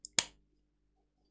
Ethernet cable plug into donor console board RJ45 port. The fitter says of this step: You do hear the click, but it it does come out pretty easily, right?